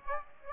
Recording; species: mosquito wingbeat signal from an infrared sensor; Aedes aegypti